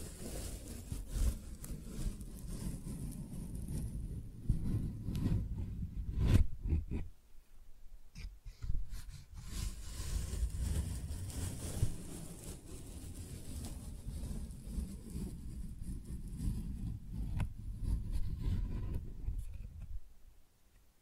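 Flowers are handled with soft, continuous rustling and crinkling, heavy in the low end with occasional brighter crisp bursts. A sharp louder crackle comes around six seconds, followed by a brief quieter stretch, then the dense rustling resumes and continues to the end.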